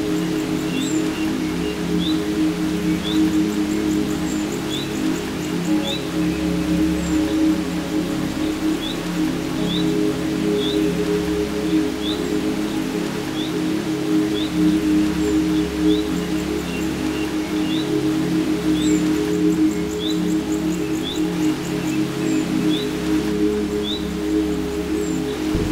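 Rainforest ambience with a steady low droning bed and a bird's short, high chirps repeating roughly every second throughout.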